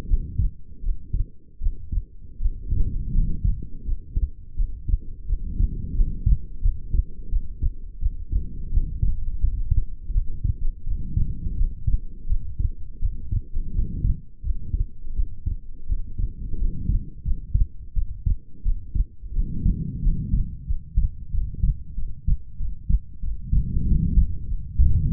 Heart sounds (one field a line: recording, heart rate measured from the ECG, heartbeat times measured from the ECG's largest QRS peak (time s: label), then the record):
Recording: heart sounds by stethoscope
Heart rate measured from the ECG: 86 bpm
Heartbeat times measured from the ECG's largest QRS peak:
0.06 s: heartbeat
0.81 s: heartbeat
1.59 s: heartbeat
2.38 s: heartbeat
3.12 s: heartbeat
3.83 s: heartbeat
4.55 s: heartbeat
5.26 s: heartbeat
5.93 s: heartbeat
6.60 s: heartbeat
7.29 s: heartbeat
7.99 s: heartbeat
8.70 s: heartbeat
9.39 s: heartbeat
10.11 s: heartbeat
10.84 s: heartbeat
11.55 s: heartbeat
12.26 s: heartbeat
12.99 s: heartbeat
13.71 s: heartbeat
14.41 s: heartbeat
15.13 s: heartbeat
15.86 s: heartbeat
16.57 s: heartbeat
17.22 s: heartbeat
17.93 s: heartbeat
18.62 s: heartbeat
19.33 s: heartbeat
20.01 s: heartbeat
20.65 s: heartbeat
21.30 s: heartbeat
21.94 s: heartbeat
22.57 s: heartbeat
23.20 s: heartbeat
23.84 s: heartbeat
24.46 s: heartbeat
25.10 s: heartbeat
From the record:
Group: healthy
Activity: rest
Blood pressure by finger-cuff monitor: 93/61 mmHg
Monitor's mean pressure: 70 mmHg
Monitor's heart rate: 87 bpm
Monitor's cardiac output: 6.3 L/min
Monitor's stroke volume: 73 mL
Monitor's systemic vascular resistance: 760 dyn s/cm5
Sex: female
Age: 22 years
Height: 160 cm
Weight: 45 kg